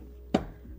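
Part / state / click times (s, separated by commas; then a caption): rear seat cushion held in the car floor by plastic tabs / released / 0.3 s. The rear seat bottom cushion of a 2017 Subaru WRX STI, held to the car floor by plastic locking tabs, is yanked upward by hand to free it during an AEM 340 fuel pump install. A single short, sharp pop is heard at 0.4 s as the first plastic tab releases.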